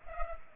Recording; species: mosquito wingbeat signal from an infrared sensor; Culex pipiens